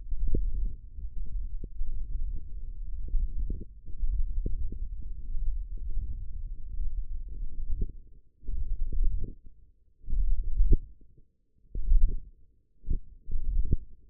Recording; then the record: forearm muscle sounds (acoustic myography)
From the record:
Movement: index flexion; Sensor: system 1, eight BSWA MPA416 microphones around the upper forearm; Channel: 6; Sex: male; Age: 18 years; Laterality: right